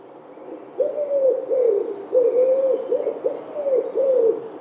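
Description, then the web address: Bird cooing: a run of about seven soft, hollow coos in close succession, each slightly arched in pitch. "cianscape. Deverinetal. Bird Only"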